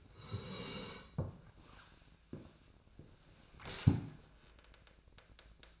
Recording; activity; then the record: daily activity, microphone in the room; sit down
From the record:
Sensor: 2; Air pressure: 1000.3 hPa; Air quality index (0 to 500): 160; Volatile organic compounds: 3 ppm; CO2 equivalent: 1336 ppm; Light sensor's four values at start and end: 9/19/8/9 and 8/19/8/9